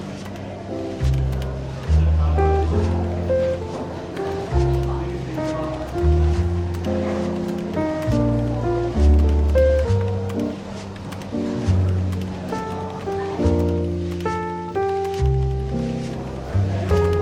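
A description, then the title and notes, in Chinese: Soft, relaxed jazz plays in a London bookshop café. A deep bass line moves to a new note every second or so beneath mellow held chords and occasional brighter melody notes, all at an even level. A light murmur of café chatter sits underneath. 伦敦书店咖啡馆轻微喧闹氛围与柔和轻松的爵士背景音乐。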